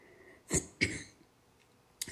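Two quick, harsh throat-clearing bursts about a third of a second apart, with another beginning at the very end, in a quiet room, from an adult woman. This is habitual repeated throat clearing, driven by inflammatory granulation tissue on a vocal cord after intubation during bunion surgery.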